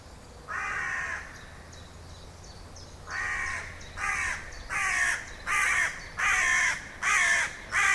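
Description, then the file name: Carrion crow giving one drawn-out harsh caw, then a fast series of rasping caws. "Corvus corone"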